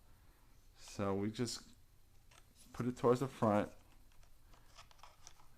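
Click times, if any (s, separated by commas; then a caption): none. A Traxxas Aton 2-axis camera gimbal is placed towards the front of the quadcopter body and lined up before being slid back. Someone talks, followed by a few faint, short handling taps. Nothing has seated or clicked yet.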